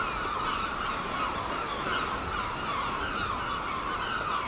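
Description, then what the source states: Gulls calling in a dense, continuous chorus of overlapping harsh cries, a steady wall of sound with no clear pauses throughout. Gulls at Seaton, dated 17 03.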